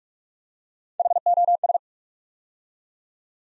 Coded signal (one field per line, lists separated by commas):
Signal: Morse code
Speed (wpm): 44 wpm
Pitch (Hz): 700 Hz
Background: none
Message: HOS